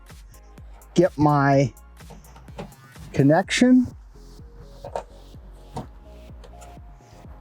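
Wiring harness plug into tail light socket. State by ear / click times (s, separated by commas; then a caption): seated / 5.0 s. A wiring harness plug is pushed into the plastic socket on the back of a truck's tail light assembly while someone talks over background music. A short, sharp click is heard at 5.0 seconds as the connector snaps in, and the plug is seated.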